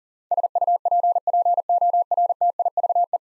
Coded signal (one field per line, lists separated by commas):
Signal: Morse code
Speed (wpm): 38 wpm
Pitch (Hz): 700 Hz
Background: none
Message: SUPPORTIVE